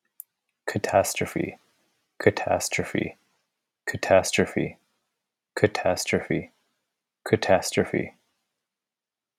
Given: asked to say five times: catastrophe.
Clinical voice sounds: repeated word; male; 30 to 39 years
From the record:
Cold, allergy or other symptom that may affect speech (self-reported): no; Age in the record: 33 years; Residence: California, United States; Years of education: 19

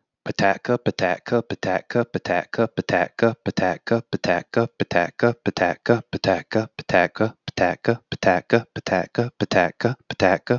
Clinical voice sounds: repeated syllables /pa ta ka/; male; 40 to 49 years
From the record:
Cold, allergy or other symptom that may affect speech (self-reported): no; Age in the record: 47 years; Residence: Florida, United States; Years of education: 18

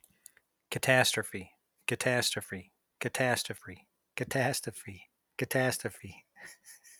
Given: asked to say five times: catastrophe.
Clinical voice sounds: repeated word; male; 50 to 59 years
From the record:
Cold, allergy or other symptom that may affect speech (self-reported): no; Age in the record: 50 years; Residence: Michigan, United States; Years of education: 16

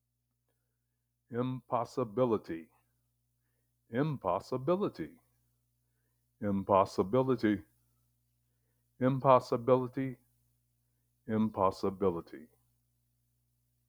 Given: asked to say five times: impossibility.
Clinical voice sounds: repeated word; male; 60 to 69 years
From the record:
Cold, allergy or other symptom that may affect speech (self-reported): no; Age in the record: 69 years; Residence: California, United States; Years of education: 14

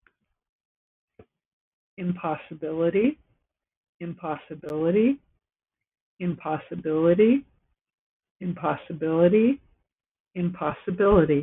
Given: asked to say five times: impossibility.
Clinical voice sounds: repeated word; female; 50 to 59 years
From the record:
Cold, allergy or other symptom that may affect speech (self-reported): no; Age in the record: 57 years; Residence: Nevada, United States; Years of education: 16

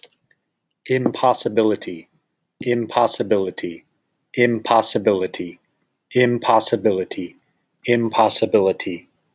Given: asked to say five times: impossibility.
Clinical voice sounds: repeated word; male; 30 to 39 years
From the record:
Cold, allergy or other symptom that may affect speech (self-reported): no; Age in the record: 37 years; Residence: Nevada, United States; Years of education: 16

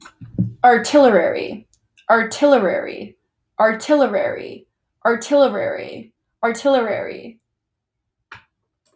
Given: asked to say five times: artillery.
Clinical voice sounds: repeated word; female; 20 to 29 years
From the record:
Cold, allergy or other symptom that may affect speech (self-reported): no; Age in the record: 20 years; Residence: United States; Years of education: 14

